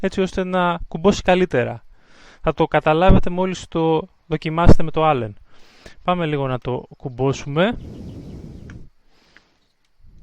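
Someone talks while handling the raised folding stem of a Xiaomi M365 electric scooter, whose folding clamp can be tightened with an Allen key, as the stem latch is worked into the deck hinge. After the talking, a short hiss and a few faint ticks are heard near the end. The latch has not yet clacked shut and nothing has seated yet.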